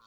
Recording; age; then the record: pig call; piglet (1 to 25 days)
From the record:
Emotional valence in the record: positive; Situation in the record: short reunion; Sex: male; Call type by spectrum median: low-frequency call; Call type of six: low-frequency tonal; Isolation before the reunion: 3 minutes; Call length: 0.07 s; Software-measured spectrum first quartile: 1141 Hz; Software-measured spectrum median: 1659 Hz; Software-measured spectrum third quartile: 4520 Hz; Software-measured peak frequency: 1132 Hz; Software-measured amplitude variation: 36 dB a second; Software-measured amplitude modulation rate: 6.7 a second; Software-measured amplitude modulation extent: 5.3 dB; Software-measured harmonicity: 2.1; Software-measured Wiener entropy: -2.15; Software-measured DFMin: 780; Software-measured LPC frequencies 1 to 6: 1079, 1379, 3742, 4507, 5768, 6922 Hz